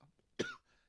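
A single brief, harsh adult cough, with quiet room sound before and after.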